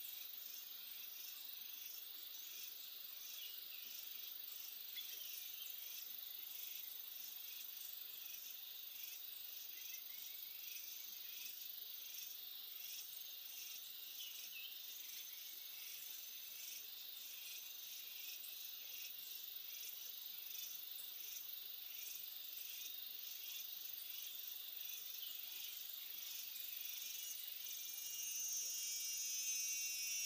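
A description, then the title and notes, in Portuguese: Atlantic Forest tropical woodland, filled with a dense, steady chorus of insects and crickets buzzing high and bright throughout. The shrill pulsing holds level for the full half minute, with a faint, higher whine joining near the end and almost nothing low underneath. Mata Atlântica-Floresta Tropical-Atlantic Forest-Tropical Forest. FLORESTAS TROPICAIS DE ALTURA (NUBLADAS).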